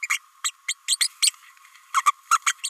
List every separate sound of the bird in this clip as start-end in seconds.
0.02-0.08, 0.44-0.51, 0.67-0.74, 0.88-0.97, 1.00-1.08, 1.22-1.31, 1.93-2.03, 2.31-2.39, 2.46-2.54, 2.63-2.69